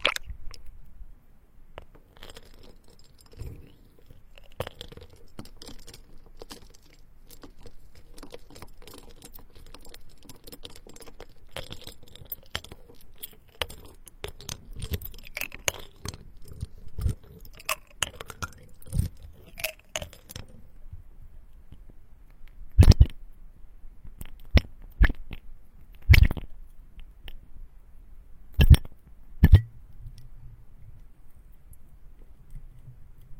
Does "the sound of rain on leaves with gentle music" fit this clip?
no